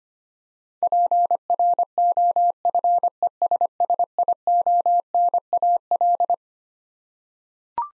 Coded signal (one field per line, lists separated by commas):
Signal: Morse code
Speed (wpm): 25 wpm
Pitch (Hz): 700 Hz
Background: none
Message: PROFESSIONAL